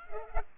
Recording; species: mosquito wingbeat signal from an infrared sensor; Culex pipiens